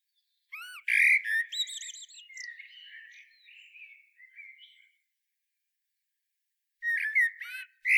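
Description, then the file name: Common blackbird song opening with sharp high chips, then a flowing warbled phrase that trails off, silence, and another burst of shrill twittering. "Turdus merula"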